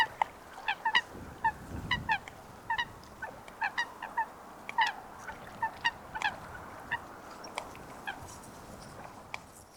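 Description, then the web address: Eurasian coot calls, short nasal notes repeated irregularly over a steady background hiss. "Foulque macroule - Fulica atra. Audrey Beauduc"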